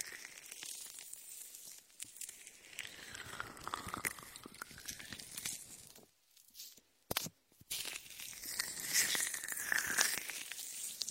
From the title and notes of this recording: Latex ear massage with shaving foam for comfort.